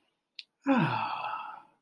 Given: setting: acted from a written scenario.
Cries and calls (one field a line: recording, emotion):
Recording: vocal sound without words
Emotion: contentment